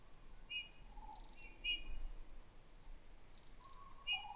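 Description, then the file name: Eurasian bullfinch calls: several brief soft whistled notes scattered throughout, including lower drawn-out tones, over background noise. "Pyrrhula pyrrhula"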